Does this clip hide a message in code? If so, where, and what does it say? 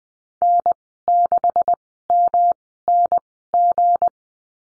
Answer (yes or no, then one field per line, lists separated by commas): yes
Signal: Morse code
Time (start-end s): 0.4-4.1 s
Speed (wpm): 20 wpm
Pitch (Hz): 700 Hz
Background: none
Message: N6MNG